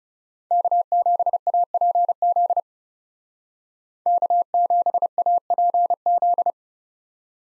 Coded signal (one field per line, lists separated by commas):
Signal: Morse code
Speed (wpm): 34 wpm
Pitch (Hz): 700 Hz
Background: none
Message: K7APZ K7APZ